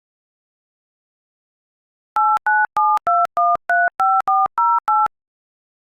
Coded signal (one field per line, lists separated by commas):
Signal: DTMF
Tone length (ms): 220 ms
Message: 8972135408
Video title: EAS SCENARIO - Falling Apart